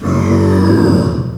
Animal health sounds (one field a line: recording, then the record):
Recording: squeal of a Yucatan mini pig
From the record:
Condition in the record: after surgery on the right vocal fold (resection and tissue-engineered implant)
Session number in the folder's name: 12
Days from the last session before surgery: 105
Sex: female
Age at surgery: 19 weeks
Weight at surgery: 25 kg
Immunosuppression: prednisolone